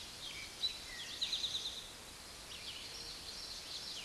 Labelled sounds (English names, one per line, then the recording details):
Eastern Towhee song
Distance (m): 35 m
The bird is about level with the microphone
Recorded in a Pennsylvania forest on 16 May 2024 at 06:14
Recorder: AudioMoth, point MSD-2287
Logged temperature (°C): 11.2 °C
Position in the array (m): 110 m, 7 m